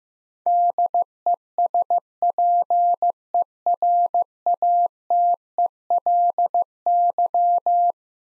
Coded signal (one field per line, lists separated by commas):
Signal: Morse code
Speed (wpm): 15 wpm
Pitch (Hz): 700 Hz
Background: none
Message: DESPERATELY